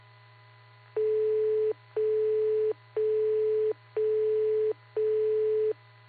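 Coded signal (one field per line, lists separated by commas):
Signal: none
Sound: repeater courtesy tone beeps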